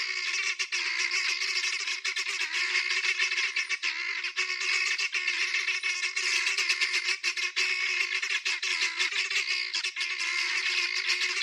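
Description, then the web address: Guineafowl calls forming a steady, raucous, rasping chorus of quick notes that barely pauses. "aswat Dajaj Genia"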